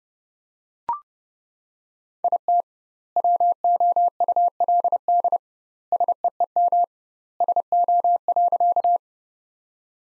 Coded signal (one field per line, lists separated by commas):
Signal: Morse code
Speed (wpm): 30 wpm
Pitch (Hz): 700 Hz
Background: none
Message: IT WOULD SEEM SO.